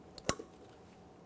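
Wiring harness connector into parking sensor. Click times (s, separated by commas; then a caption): 0.3 s. A plastic wiring harness connector is pressed onto a front parking sensor on a 2017-2024 GMC Acadia, with a red locking tab still to be closed. A few faint ticks lead up to one sharp click at 0.3 s, followed by quiet. The connector is seated.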